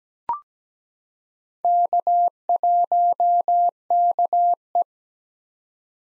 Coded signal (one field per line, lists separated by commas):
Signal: Morse code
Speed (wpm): 17 wpm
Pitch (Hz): 700 Hz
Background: none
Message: K1KE